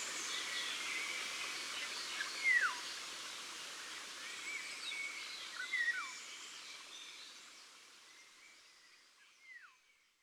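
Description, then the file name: Eurasian golden oriole singing three mellow whistled phrases, each ending in a falling slur, as the background bird chorus gradually fades out. Ardèche, France. "Loriot-d Europe-Concerts-Naturels-De-l Ardeche"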